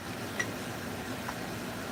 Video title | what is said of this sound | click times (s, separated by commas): it's Morning Mojo with Clint Gage | clicks right in. Not the best, but it works. | 0.4 s